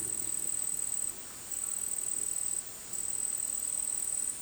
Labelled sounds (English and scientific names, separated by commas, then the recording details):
none
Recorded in dense forest near Puerto Asís, Putumayo, Colombia, on 20 February 2024 at 15:30
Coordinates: 0.499, -76.324
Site G6469